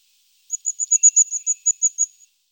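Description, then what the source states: Crested tit giving a quick run of about a dozen thin, very high-pitched notes at an even pace over nearly two seconds, with a faint lower tone beneath and no other sounds. Bird sounds recorded in Germany, Austria and Switzerland.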